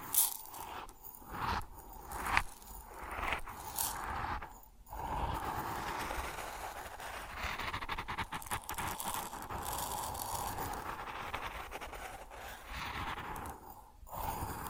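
Grain shifting and pouring makes a dense, hissing rush that runs almost the whole fifteen seconds, with a steady mid-pitched band through it. Short bursts and scrapes come in the first few seconds, one sharper knock near two seconds, and brief dropouts around five and fourteen seconds.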